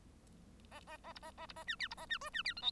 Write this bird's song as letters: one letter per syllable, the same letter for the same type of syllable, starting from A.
A A A B A A B A C D B A C E C D F G